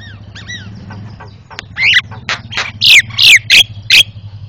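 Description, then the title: Javan myna calls: a few thin whistles, then loud harsh chattering notes in quick bursts; a low hum in the background. Loud, very noisy Javan myna calls, used for training cage birds (masteran). "Jalak Kebo Master Suara Super Berisik Buat Masteran"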